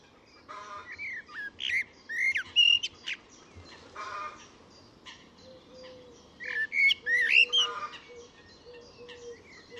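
Bird calls: varied whistled notes, some slurred and rising, in two busy spells, early and again after six seconds, with softer chirping in between.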